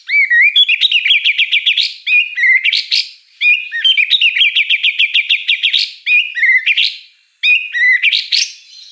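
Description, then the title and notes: White-rumped shama song: loud, fast repeated phrases of rising whistles and rapid chatter, in bursts separated by short gaps. Lure song (pancingan) of a prolific, chatty (gacor) bird with a rich repertoire of fill-in phrases (isian mewah). "Pancingan Gacor Murai Batu Bongkar Isian Mewah. Audio Murai Batu Dongfeng"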